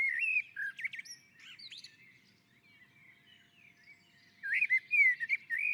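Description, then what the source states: Common blackbird song: mellow fluted notes mixed with high scratchy twitters, a quieter gap midway, then a second warbling phrase. Sung from a roof.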